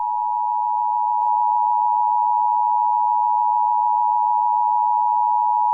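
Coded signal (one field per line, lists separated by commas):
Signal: Emergency Alert System (SAME) tones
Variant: 853 and 960 Hz attention tone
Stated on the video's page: Fictional EAS scenarios, simulated alerts.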